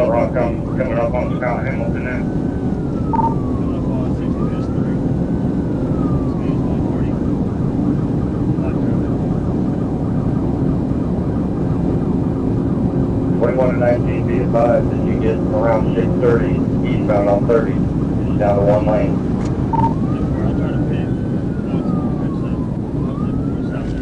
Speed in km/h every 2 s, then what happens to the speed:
212, 217, 221, 224, 225, 229, 232, 233, 233, 232, 222, 204.
0-17 speeds up to 233. 17-24 brakes to 204.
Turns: none.